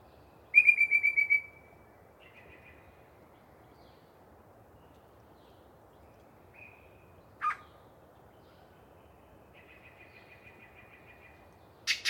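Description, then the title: Yellow-breasted chat song: varied phrases separated by pauses, a rapid series of notes, soft notes, a short whistle, a sharp harsh note, a buzzy trill and a final harsh burst. Particularly chatty bird in a long pre-dawn singing bout in deciduous cover. "A Very Chatty Yellow-breasted Chat"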